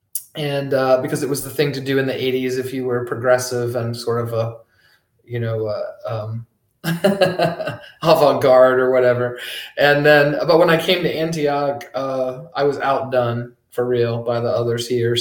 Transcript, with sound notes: And--because it was the thing to do in the 80s if you were progressive and sort of a, you know, [laughs] avant-garde or whatever. And then--but when I came to Antioch, I was out done for real by the others here.